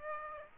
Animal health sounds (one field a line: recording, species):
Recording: mosquito wingbeat signal from an infrared sensor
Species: Aedes aegypti